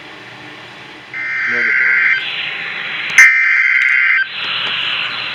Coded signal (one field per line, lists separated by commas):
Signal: Emergency Alert System (SAME) tones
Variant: header bursts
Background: speech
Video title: DAVIDSON ON FFE... EAS Alerts From 8/8/24 8/9/24 (EAS#1,833 - #1,839)